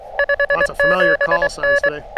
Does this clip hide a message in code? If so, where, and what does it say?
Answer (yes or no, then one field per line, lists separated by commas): yes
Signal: Morse code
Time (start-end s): 0.2-1.9 s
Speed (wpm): 24 wpm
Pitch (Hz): 590 Hz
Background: speech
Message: 57N